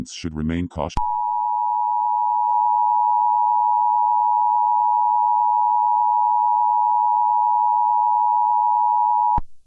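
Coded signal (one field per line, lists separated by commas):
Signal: Emergency Alert System (SAME) tones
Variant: 853 and 960 Hz attention tone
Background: speech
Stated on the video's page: Fictional emergency alert scenario, a work of fiction rather than a real broadcast.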